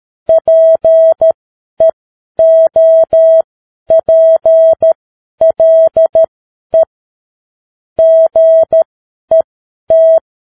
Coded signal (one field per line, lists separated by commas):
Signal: Morse code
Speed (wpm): 13 wpm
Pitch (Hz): 650 Hz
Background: none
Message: PEOPLE GET